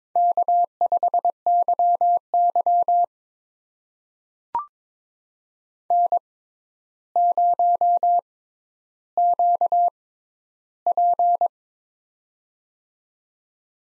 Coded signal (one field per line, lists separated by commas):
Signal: Morse code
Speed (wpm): 22 wpm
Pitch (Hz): 700 Hz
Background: none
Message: K5YY N0QP